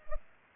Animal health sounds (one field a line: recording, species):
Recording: mosquito wingbeat signal from an infrared sensor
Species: Culex pipiens